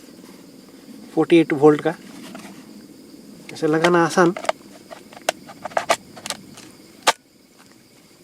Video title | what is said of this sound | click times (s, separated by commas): Solo Wild Camping - Luxury Camping Alone At Wild - Gear Setup & Cooking Over Campfire -Camping Video | करने से यह lock हो जाता है। | 5.3 s